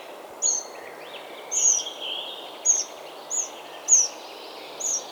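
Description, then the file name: Eurasian wren calling: six clipped, high, slurred notes at irregular gaps, against faint lower birdsong and steady hiss. "Troglodytes troglodytes"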